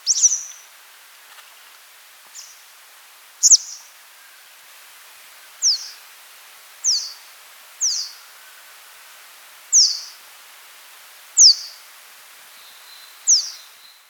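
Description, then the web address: Blue-and-white swallow giving thin, high, sharply descending call notes, about nine short notes spaced irregularly one to two seconds apart, with faint background hiss. Recorded in Ecuador. "S America Birds of Ecuador. Blue-And-White Swallow"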